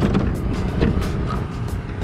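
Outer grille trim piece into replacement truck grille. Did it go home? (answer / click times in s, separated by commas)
no / none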